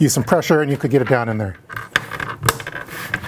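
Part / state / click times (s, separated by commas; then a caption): plastic lid adapter ring onto 5-gallon bucket rim / seated / 2.2 s, 2.5 s, 3.1 s. Someone talks as a plastic Gamma Seal adapter ring is pressed by hand onto the lip of a 5-gallon plastic bucket. Sharp snaps are heard at about 2.2, 2.5 and 3.1 seconds as the ring snaps onto the rim. The ring is seated and properly installed once the snaps stop.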